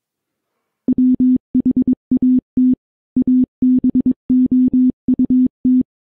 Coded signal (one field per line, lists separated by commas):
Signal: Morse code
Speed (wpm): 22 wpm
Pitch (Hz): 250 Hz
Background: none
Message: WHAT ABOUT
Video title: An Eastern Telegraph Company Primer: Answering the questions you didn't know you wanted to ask